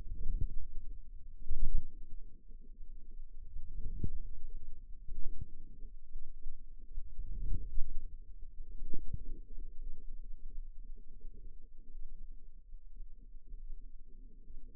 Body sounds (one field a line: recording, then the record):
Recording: forearm muscle sounds (acoustic myography)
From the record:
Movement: outward rotation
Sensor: system 2, bracelet of six BSWA MPA416 microphones around the upper forearm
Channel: 5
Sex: male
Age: 22 years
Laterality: right